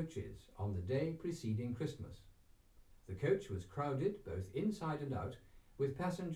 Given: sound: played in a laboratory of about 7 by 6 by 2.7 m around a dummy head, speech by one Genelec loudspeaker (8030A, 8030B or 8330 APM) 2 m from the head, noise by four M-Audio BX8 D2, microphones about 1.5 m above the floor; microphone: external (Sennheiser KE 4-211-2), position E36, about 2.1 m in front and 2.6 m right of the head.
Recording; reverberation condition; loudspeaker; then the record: male speech in English; low; 150 degrees to the right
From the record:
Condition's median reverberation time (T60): about 310 ms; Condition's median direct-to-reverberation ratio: about 3.5 dB